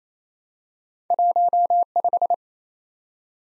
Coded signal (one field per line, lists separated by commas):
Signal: Morse code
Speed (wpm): 28 wpm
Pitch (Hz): 700 Hz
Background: none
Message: 15